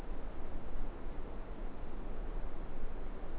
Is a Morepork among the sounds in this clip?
no